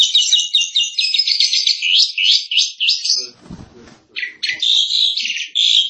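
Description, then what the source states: Asian pied starling song of rapid repeated squeaky notes, interrupted by a short rustling noise, then resuming with harsh jumbled chatter. Song described as full isian, a full song repertoire.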